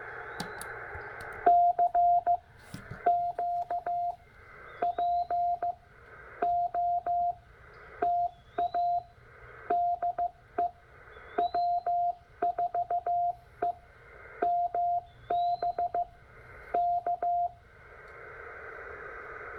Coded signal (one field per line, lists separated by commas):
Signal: Morse code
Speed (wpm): 15 wpm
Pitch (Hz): 700 Hz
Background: radio noise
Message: CQ POTA DE W4EMB K